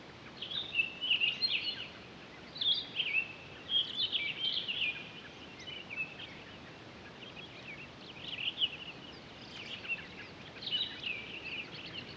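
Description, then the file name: Townsend's solitaire singing: bursts of rambling, warbled high phrases with quick up-and-down notes, pausing briefly between bursts over steady background hiss. Recorded on 23 October 2011. "20111023 townsends-solitaire"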